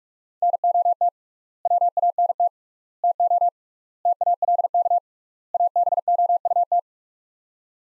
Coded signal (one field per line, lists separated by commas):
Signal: Morse code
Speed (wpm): 42 wpm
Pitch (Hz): 700 Hz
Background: none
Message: NOT WANT TO TALK ABOUT